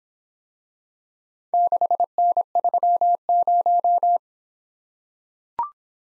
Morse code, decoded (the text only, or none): 6N30